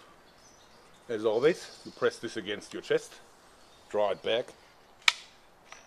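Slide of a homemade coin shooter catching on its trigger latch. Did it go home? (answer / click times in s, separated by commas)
yes / 5.1 s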